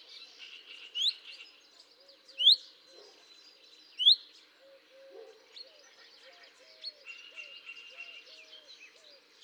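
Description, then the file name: Common chaffinch giving sharp upslurred whistled calls about every one and a half seconds, three in all, while other birds chirp and low tonal notes sound beneath. "Fringilla coelebs"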